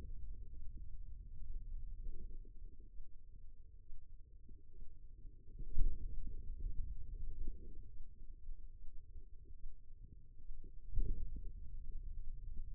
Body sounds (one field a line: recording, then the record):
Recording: forearm muscle sounds (acoustic myography)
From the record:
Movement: finger pinch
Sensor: system 2, bracelet of six BSWA MPA416 microphones around the upper forearm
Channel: 3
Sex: female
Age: 25 years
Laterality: right